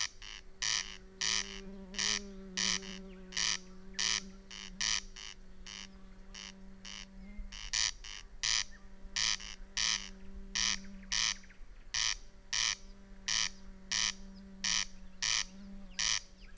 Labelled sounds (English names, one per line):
Corn Crake